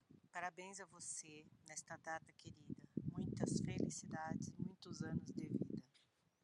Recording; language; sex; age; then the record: short text; Brazilian Portuguese; female; 60 to 69 years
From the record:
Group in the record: control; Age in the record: 62 years